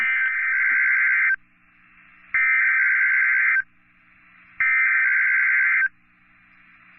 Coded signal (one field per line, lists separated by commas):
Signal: Emergency Alert System (SAME) tones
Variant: header bursts